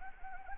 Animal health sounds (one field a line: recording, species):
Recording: mosquito wingbeat signal from an infrared sensor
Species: Anopheles gambiae